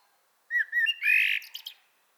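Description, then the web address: Common blackbird singing a short phrase of a few mellow fluted notes, a rich rolling burst, and a quick scratchy high twitter at the end. "pub SETE data Turdus merula"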